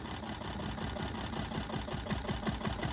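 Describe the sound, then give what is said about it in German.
A tractor engine runs steadily, a dense, rattling chug with a fast, even mechanical rhythm that holds at a constant level throughout, with no voices over it. “Mach aber nichts kaputt, der Mann braucht seinen Traktor noch.”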